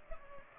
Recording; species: mosquito wingbeat signal from an infrared sensor; Culex pipiens